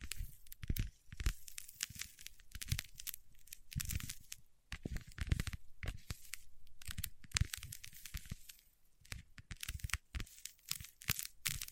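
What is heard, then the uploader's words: Wax on fingertips crackles and peels in a dense, irregular run of sharp, bright crinkles and snaps. The tearing, crumpling texture keeps going throughout, with brief quieter pauses near four and a half and eight and a half seconds before picking up again. ASMR with Wax Fingertips for Sleep (No Talking).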